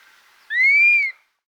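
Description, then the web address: Dusky-capped flycatcher with a single clear, drawn-out whistle that climbs slightly and then slurs down at the end, heard against near silence. Subspecies atriceps; Andes, South America. "S America Andean Birds. Dusky-Capped Flycatcher (Myiarchus Tuberculifer Atriceps)"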